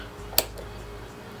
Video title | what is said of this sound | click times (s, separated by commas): How to Rebuild a Motorcycle Master Cylinder | going to put that pin in place and you're going to want to push down and sell it clicks in place make sure it's clicked all the way around it's fully seated now | 0.4 s